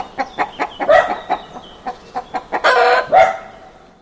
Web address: chickens